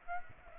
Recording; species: mosquito wingbeat signal from an infrared sensor; Aedes aegypti